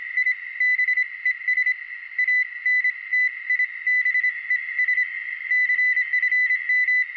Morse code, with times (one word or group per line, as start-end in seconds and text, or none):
0.2-0.3 I
0.6-1.7 BES
2.2-5.0 ANTIBES
5.5-7.0 CFM